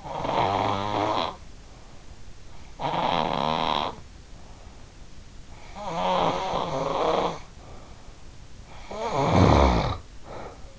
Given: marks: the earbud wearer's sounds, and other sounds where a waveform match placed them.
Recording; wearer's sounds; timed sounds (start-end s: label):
sounds in sleep by an in-ear microphone; snoring breath
0.00-2.05 s: snoring breath
2.74-5.05 s: snoring breath
5.57-8.22 s: snoring breath
8.82-10.79 s: snoring breath